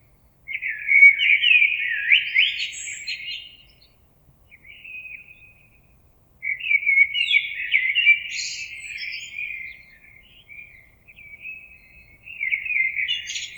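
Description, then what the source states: Common blackbird singing long melodious phrases with some high twittery notes, separated by pauses and softer fragments. Recorded 26 April 2022.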